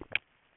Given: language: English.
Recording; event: throat vibration sensor signal played as sound; swallow